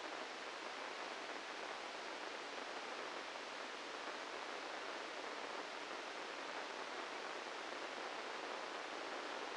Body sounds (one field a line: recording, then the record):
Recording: brain microelectrode recording played as sound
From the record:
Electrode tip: inside the subthalamic nucleus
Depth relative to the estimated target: -4 mm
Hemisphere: right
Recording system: NeuroSet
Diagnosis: Parkinson's disease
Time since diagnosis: 13 years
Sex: male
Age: 65 years